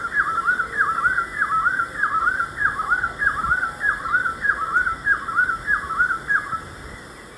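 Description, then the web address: Rufous-breasted wood-quail song: fast, repeated whistled phrases in a rollicking rhythm, with a steady high hum behind. Ecuador. "Birds of Ecuador. Rufous-Breasted Wood-Quail"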